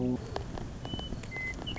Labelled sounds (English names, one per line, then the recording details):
Western Meadowlark
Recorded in Sonoma County, California